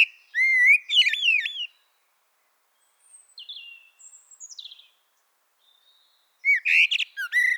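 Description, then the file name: Eurasian blackbird giving a rich whistled warble with a squeaky tail, then quiet high twitters, and a second fluty phrase. "Turdus merula"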